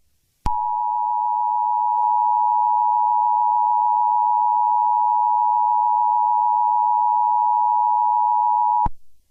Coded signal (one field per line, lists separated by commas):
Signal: Emergency Alert System (SAME) tones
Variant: 853 and 960 Hz attention tone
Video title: EAS Scenario 4: You Will Pay